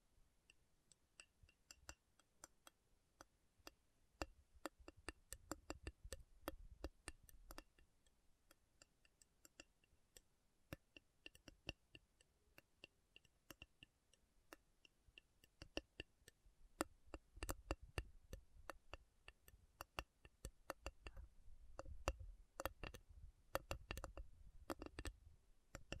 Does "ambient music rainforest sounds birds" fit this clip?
no